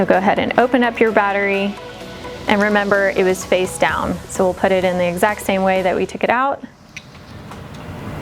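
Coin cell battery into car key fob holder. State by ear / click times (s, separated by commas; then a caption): seated / 7.0 s. A CR2025 coin cell is pressed face-down into its holder in an INFINITI intelligent key fob while someone talks over background music. After the talking stops, a short sharp click at 7.0 s marks the battery snapping into place, confirming it is seated.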